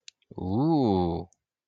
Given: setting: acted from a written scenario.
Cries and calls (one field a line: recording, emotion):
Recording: vocal sound without words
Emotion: desire